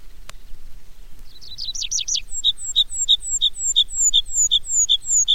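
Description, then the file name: Tree pipit song beginning with a brief buzzy trill, then a slow series of drawn-out, descending high whistles paired with short lower notes, repeated about every third of a second. "baumpieper"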